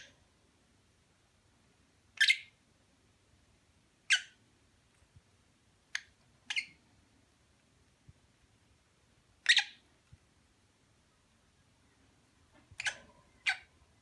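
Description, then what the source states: Lovebird uttering harsh, shrill squawks at irregular intervals, with faint low background noise. Mating call.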